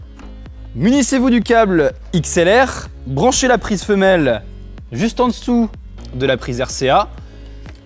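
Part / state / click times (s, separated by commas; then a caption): female XLR cable plug into speaker rear socket / seated / 7.7 s. A female XLR cable plug is pushed into the socket on the back of a PA speaker, just below the RCA input, while someone talks over background music. A small click at 7.7 s marks the connector locking in place.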